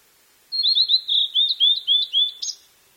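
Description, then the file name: Blue-and-white flycatcher song, one phrase of rapid sweeping whistled notes at high pitch, ending in a brief harsher buzzy note, with a quiet background. "ooruri"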